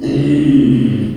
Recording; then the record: squeal of a Yucatan mini pig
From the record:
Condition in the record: after surgery on the right vocal fold (resection and tissue-engineered implant); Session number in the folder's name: 2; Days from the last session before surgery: 13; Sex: male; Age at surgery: 12 weeks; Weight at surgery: 13 kg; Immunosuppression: cyclosporine, prednisolone